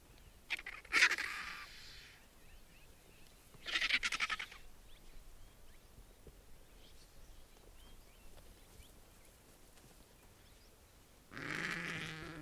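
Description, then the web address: Indian vulture giving short harsh hissing bursts with a rattling texture, three separate outbursts spaced by quiet stretches of faint background noise. "sound Indian-vulture. صدای-پرنده-دال-هندی"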